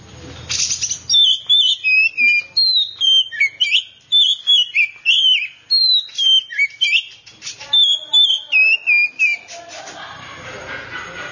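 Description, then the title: Oriental magpie-robin pouring out quick whistled and chattering notes in steady bursts for about nine seconds, then only background noise. "Kacer6"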